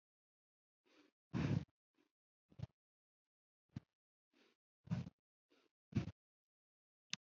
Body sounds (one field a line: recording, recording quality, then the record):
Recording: shallow breathing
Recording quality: excellent, no background noise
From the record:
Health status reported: healthy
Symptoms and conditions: cough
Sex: female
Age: 47 years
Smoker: not ticked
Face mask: not worn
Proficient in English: yes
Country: India